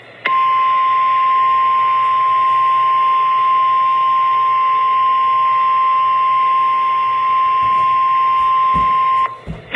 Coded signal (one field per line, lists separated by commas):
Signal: Emergency Alert System (SAME) tones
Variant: 1050 Hz attention tone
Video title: Lost EAS From July 20 2023 - Severe Thunderstorm Warning